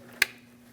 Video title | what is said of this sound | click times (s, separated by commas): How to Replace Low Beam Bulbs 2001-2006 Chevrolet Silverado 2500 HD | Push until you hear a click. | 0.2 s